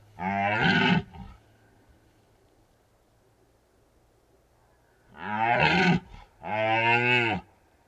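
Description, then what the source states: Red deer stag roars: one deep bellow with a short grunt, a long pause, then two strong harmonic roars back to back. Several red deer stags rutting in the Carpathian Mountains, Bucovina, Romania.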